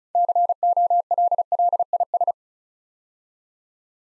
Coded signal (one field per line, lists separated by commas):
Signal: Morse code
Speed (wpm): 36 wpm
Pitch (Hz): 700 Hz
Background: none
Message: COLLIS